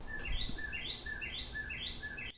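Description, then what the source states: Northern Cardinal song: repeated slurred whistled phrases, each a low note rising into a higher sweep, about five times, over steady low rumbling background noise. Singing outside a window on a hot day, 29 June 2021, late morning.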